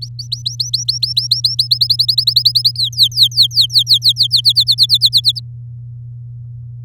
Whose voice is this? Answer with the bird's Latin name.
Serinus canaria